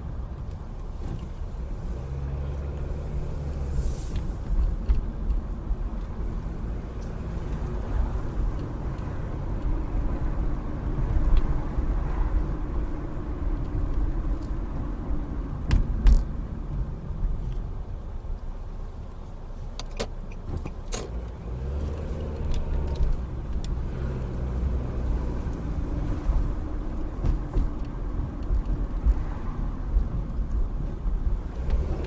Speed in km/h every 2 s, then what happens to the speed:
6, 11, 18, 24, 32, 34, 35, 29, 15, 0, 0, 16, 26, 31, 27, 21.
0-12 speeds up to 35. 12-18 brakes to 0. 18-21 standing. 21-27 pulls away to 31. 27-29 brakes to 21.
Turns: none.